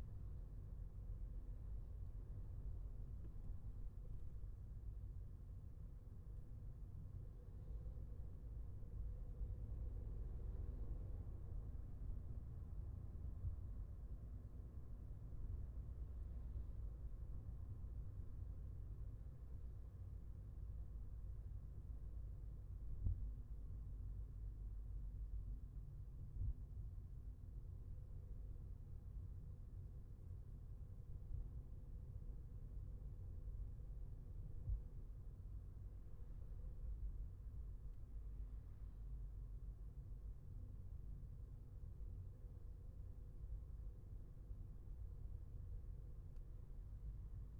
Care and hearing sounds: everyday scene through a hearing-aid microphone; in a vehicle; engine, traffic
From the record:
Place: Skoda Fabia, gasoline engine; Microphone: behind the ear, left, front

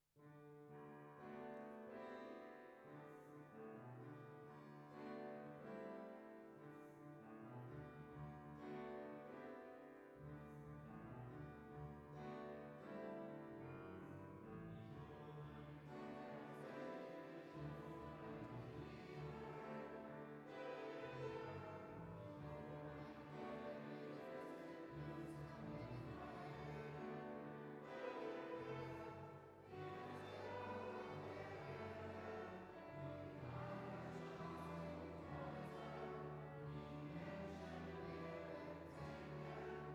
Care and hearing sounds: everyday scene through a hearing-aid microphone; reverberant space; music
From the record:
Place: church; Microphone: behind the ear, left, front

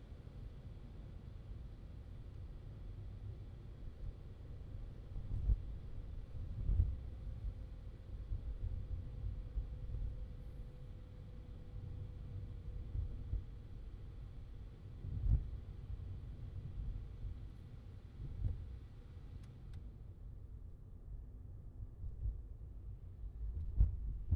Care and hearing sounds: everyday scene through a hearing-aid microphone; in a vehicle; engine, highway traffic jam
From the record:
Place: Skoda Fabia, gasoline engine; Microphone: in the ear canal, left

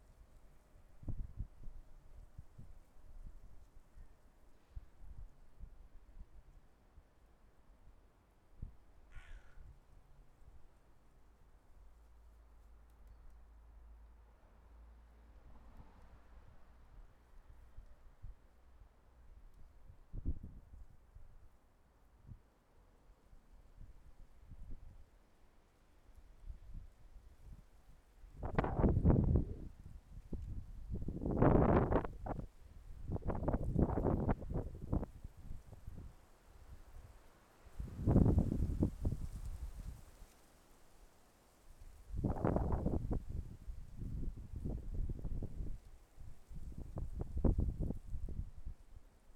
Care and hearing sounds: everyday scene through a hearing-aid microphone; wind on the microphone; wind, traffic, birds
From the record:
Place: suburban garden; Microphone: behind the ear, left, front

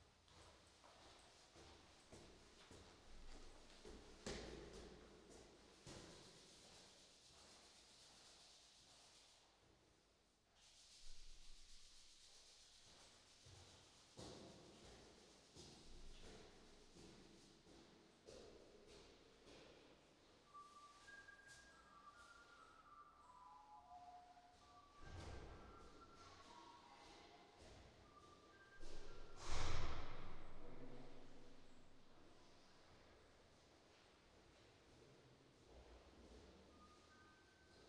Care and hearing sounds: everyday scene through a hearing-aid microphone; reverberant space; background noise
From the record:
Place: staircase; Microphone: in the ear canal, right

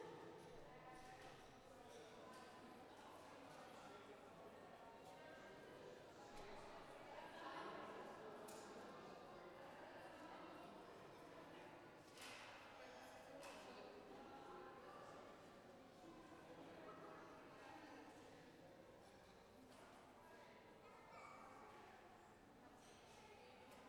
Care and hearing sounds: everyday scene through a hearing-aid microphone; reverberant space; background noise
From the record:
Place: railway station hall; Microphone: behind the ear, left, rear

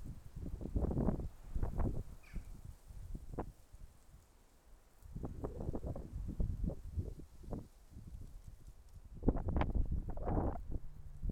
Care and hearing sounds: everyday scene through a hearing-aid microphone; wind on the microphone; wind, traffic, birds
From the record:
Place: suburban garden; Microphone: behind the ear, left, front

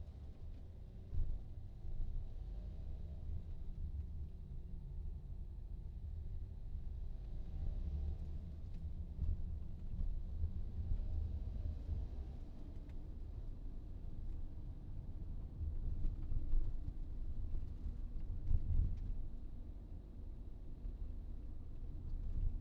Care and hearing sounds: everyday scene through a hearing-aid microphone; in a vehicle; engine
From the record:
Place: VW T5 Caravelle, diesel engine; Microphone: in the ear canal, right

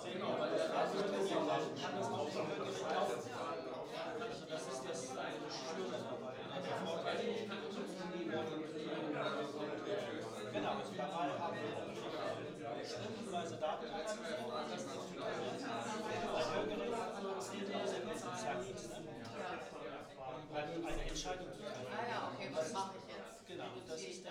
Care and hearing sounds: everyday scene through a hearing-aid microphone; many people talking; many voices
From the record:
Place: bistro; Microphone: in the ear canal, right

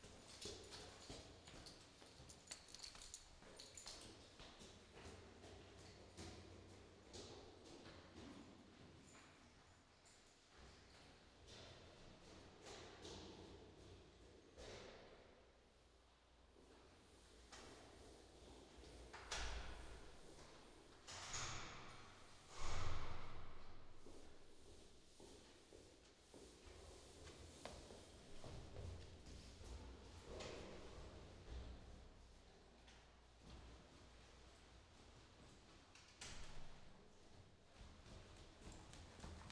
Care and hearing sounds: everyday scene through a hearing-aid microphone; reverberant space; background noise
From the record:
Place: staircase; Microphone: in the ear canal, left

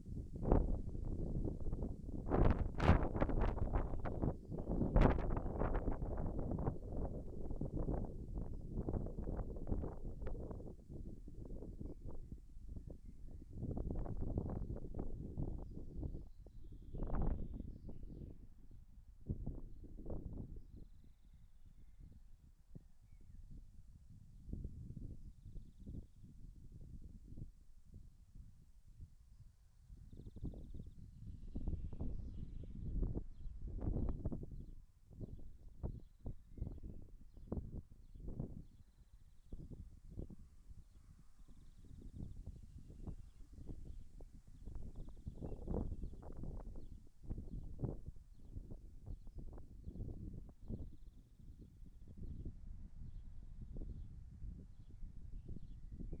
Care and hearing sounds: everyday scene through a hearing-aid microphone; wind on the microphone; wind, birds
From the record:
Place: in front of a rural house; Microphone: behind the ear, left, front

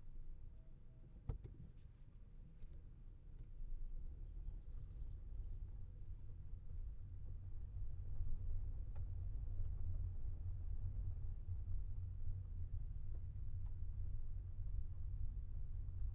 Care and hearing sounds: everyday scene through a hearing-aid microphone; in a vehicle; engine, rumble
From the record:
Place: Skoda Fabia, gasoline engine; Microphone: behind the ear, left, rear

